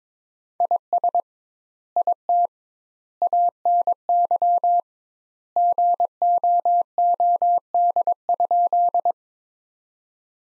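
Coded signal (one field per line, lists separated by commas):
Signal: Morse code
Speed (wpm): 22 wpm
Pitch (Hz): 700 Hz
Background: none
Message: IS IT ANY GOOD?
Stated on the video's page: Practice sentences from the top 200 words, sent at 22 wpm with twice the standard word spacing.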